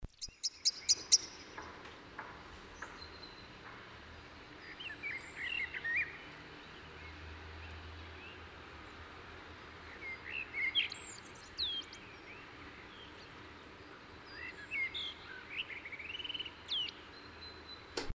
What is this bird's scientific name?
Turdus merula